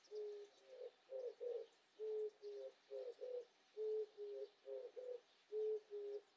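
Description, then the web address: Oriental turtle dove giving low rhythmic coos in four-note phrases, the pattern repeating steadily over quiet outdoor noise. "環境音系 キジバトさん"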